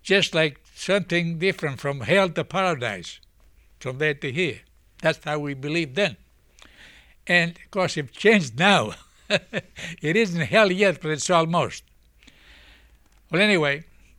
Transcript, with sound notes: Just like something different from hell to paradise, from there to here. That's how we believed then. And, of course, you've changed now. (he laughs) It isn't hell, yet, but it's almost. But anyway,